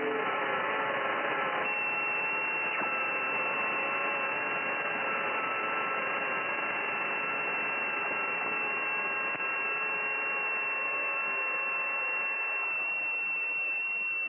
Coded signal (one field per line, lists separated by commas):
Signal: FT8